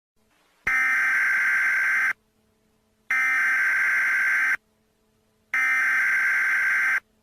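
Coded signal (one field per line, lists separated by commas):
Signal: Emergency Alert System (SAME) tones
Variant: header bursts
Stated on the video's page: Fictional flood EAS alerts, not real alerts.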